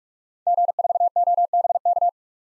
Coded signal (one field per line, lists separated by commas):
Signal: Morse code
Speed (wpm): 46 wpm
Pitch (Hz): 700 Hz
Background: none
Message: G4OBK